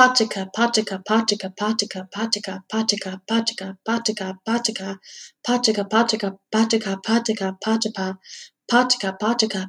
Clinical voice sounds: repeated syllables /pa ta ka/; female; 20 to 29 years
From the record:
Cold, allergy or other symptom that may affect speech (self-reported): no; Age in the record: 25 years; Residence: Texas, United States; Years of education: 15

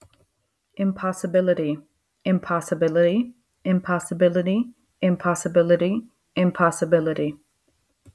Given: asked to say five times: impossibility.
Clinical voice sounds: repeated word; female; 30 to 39 years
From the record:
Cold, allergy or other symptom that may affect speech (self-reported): no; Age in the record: 33 years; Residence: Florida, United States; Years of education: 2

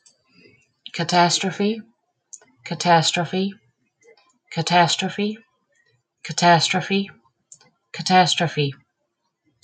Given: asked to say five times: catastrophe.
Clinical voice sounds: repeated word; female; 40 to 49 years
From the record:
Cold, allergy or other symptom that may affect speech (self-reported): no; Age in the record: 47 years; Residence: South Carolina, United States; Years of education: 14

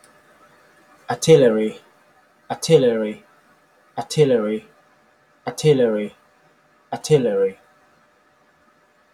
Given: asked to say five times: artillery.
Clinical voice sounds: repeated word; male; 20 to 29 years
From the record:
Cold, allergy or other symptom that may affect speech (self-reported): no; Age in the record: 26 years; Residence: Kentucky, United States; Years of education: 20

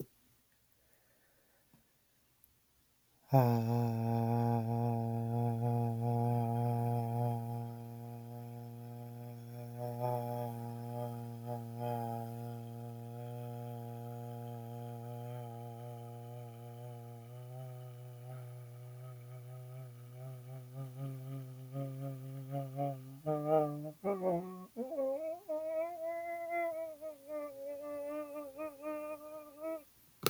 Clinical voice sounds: vowel held as long as possible; male; 20 to 29 years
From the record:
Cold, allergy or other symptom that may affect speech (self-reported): no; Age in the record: 25 years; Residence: North Carolina, United States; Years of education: 20

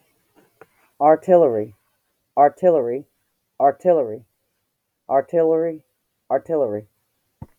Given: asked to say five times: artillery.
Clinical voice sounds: repeated word; female; 40 to 49 years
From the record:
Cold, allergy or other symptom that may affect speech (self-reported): no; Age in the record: 43 years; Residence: United States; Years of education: 12

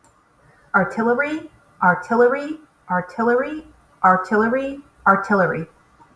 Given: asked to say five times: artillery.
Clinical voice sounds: repeated word; female; 40 to 49 years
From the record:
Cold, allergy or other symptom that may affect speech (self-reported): no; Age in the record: 44 years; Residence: Massachusetts, United States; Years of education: 15

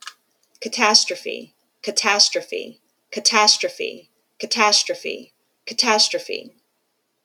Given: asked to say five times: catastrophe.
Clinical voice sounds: repeated word; female; 40 to 49 years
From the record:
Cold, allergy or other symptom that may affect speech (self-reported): no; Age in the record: 44 years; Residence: Texas, United States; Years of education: 17

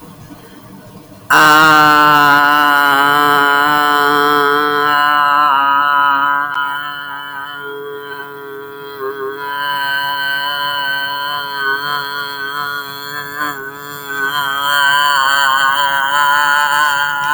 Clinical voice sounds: vowel held as long as possible; female; 50 to 59 years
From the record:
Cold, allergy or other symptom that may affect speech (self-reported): no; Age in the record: 57 years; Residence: Florida, United States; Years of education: 14

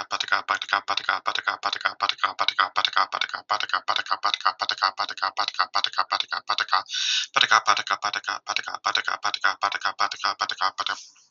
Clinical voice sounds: repeated syllables /pa ta ka/; male; 30 to 39 years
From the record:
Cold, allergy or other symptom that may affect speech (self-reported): no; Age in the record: 32 years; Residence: Texas, United States

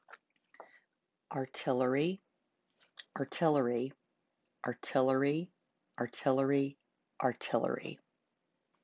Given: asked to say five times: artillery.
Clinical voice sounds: repeated word; female; 50 to 59 years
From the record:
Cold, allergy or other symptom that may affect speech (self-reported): no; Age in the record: 54 years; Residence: United States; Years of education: 17

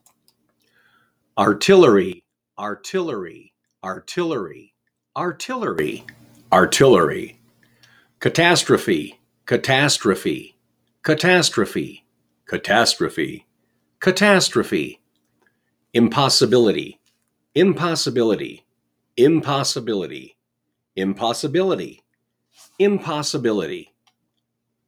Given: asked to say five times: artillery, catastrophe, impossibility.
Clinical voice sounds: three words, each repeated; male; 50 to 59 years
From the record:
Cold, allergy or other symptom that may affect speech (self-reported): no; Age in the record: 58 years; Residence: Wisconsin, United States

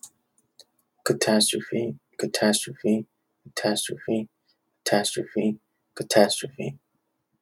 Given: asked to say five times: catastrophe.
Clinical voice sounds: repeated word; male; 40 to 49 years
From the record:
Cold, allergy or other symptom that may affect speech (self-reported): no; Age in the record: 40 years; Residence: California, United States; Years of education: 16

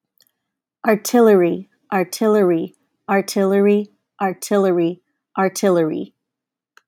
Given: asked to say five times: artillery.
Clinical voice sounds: repeated word; female; 20 to 29 years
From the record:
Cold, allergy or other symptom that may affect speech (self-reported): no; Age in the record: 27 years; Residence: California, United States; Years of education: 18

